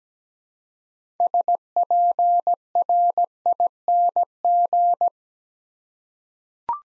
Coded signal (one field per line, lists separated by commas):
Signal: Morse code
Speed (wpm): 17 wpm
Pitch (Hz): 700 Hz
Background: none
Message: SPRING